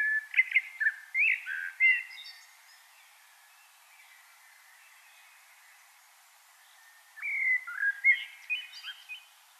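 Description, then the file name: Common blackbird song in two bursts of warbled whistles with scratchy high bits, separated by several seconds of near silence. "Turdus merula"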